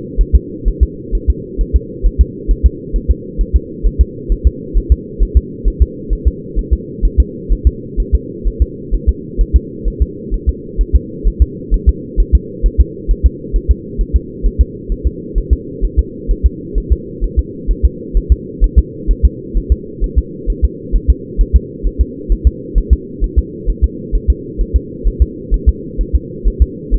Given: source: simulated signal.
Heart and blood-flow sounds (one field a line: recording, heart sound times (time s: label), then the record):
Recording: fetal heart sounds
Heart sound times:
0.21 s: S1
0.35 s: S2
0.68 s: S1
0.83 s: S2
1.15 s: S1
1.30 s: S2
1.61 s: S1
1.76 s: S2
2.06 s: S1
2.21 s: S2
2.51 s: S1
2.66 s: S2
2.96 s: S1
3.11 s: S2
3.41 s: S1
3.56 s: S2
3.87 s: S1
4.01 s: S2
4.32 s: S1
4.47 s: S2
4.77 s: S1
4.92 s: S2
5.23 s: S1
5.37 s: S2
5.68 s: S1
5.82 s: S2
6.13 s: S1
6.28 s: S2
6.59 s: S1
6.73 s: S2
7.05 s: S1
7.20 s: S2
7.52 s: S1
7.67 s: S2
8.00 s: S1
8.15 s: S2
8.47 s: S1
8.62 s: S2
8.94 s: S1
9.09 s: S2
9.41 s: S1
9.56 s: S2
9.88 s: S1
10.02 s: S2
10.34 s: S1
10.49 s: S2
10.81 s: S1
10.95 s: S2
11.27 s: S1
11.42 s: S2
11.74 s: S1
11.89 s: S2
12.20 s: S1
12.35 s: S2
12.66 s: S1
12.81 s: S2
13.11 s: S1
13.26 s: S2
13.56 s: S1
13.71 s: S2
14.01 s: S1
14.16 s: S2
14.46 s: S1
14.61 s: S2
14.92 s: S1
15.07 s: S2
15.38 s: S1
15.53 s: S2
15.84 s: S1
15.99 s: S2
16.31 s: S1
16.46 s: S2
16.78 s: S1
16.92 s: S2
17.24 s: S1
17.39 s: S2
17.71 s: S1
17.85 s: S2
18.17 s: S1
18.32 s: S2
18.64 s: S1
18.79 s: S2
19.11 s: S1
19.25 s: S2
19.57 s: S1
19.72 s: S2
20.04 s: S1
20.19 s: S2
20.50 s: S1
20.64 s: S2
20.95 s: S1
21.10 s: S2
21.41 s: S1
21.56 s: S2
21.87 s: S1
22.01 s: S2
22.32 s: S1
22.47 s: S2
22.78 s: S1
22.93 s: S2
23.24 s: S1
23.38 s: S2
23.70 s: S1
23.84 s: S2
24.15 s: S1
24.30 s: S2
24.61 s: S1
24.76 s: S2
25.07 s: S1
25.22 s: S2
25.54 s: S1
25.69 s: S2
26.01 s: S1
26.15 s: S2
26.48 s: S1
26.62 s: S2
26.94 s: S1
From the record:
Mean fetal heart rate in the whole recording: 130 bpm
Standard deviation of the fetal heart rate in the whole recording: 2 bpm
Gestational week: 36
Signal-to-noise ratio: -4.1 dB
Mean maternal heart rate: no maternal heart sound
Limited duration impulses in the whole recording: absent